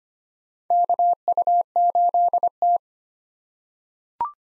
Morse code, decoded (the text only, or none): KU8T